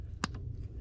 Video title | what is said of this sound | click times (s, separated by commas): diy series,tuneup for beginners | Hear the click? | 0.2 s